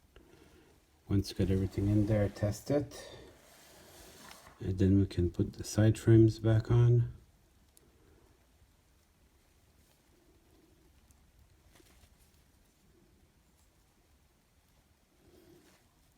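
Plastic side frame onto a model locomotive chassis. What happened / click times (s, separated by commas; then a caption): Handled, not yet home: the plastic side frame has not clicked on / none. Someone talks while handling a plastic side frame being refitted onto the chassis of an N scale model locomotive, with a few faint handling taps heard after the talk stops. The side frame has not seated or clicked onto the chassis yet.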